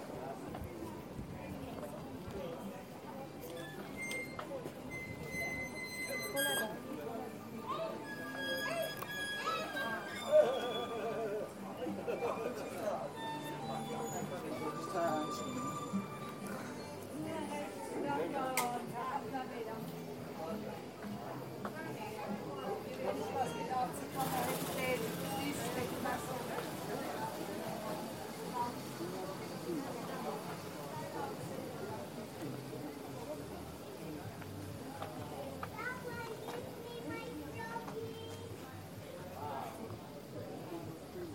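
A street scene in Taormina, Sicily, with a steady murmur of many voices talking at once throughout. Scattered clicks and short bright tones break through, with a sharp knock near ten seconds and a brief hissing rush around twenty-four seconds.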